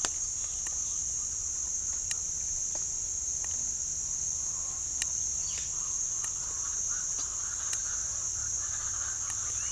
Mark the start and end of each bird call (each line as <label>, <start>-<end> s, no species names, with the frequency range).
bird call (0.7-2.2 kHz), 4.19-9.72 s